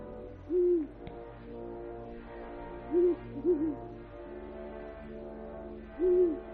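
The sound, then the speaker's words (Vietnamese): Owls hoot in short, low, rounded calls: one, then a pair close together, then another after a pause, over a steady low hum with no talking. The owls call at night over still water in open wild fields under a crescent moon, sometimes far and sometimes near, as the frogs fall silent. “Dưới ánh trăng lưỡi liềm rọi trên mặt nước êm ắng lạ thường, tiếng ếch nhái cũng lặng đi, nhường chỗ cho tiếng những con cú mèo kêu văng vẳng đâu đây.”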